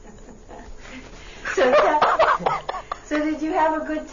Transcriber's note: she laughs